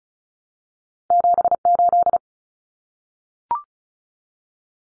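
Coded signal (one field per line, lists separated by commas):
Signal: Morse code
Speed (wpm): 34 wpm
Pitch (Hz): 700 Hz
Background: none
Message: 78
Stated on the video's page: Morse drill of two-digit numbers at 35 wpm.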